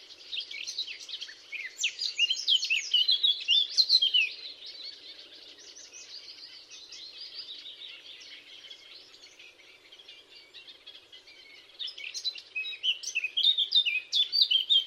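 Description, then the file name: Eurasian blackcap song in two loud bursts of rapid, varied warbling with fluty notes, separated by a quieter scratchy stretch, with a faint low hum throughout. "Sylvia atricapilla"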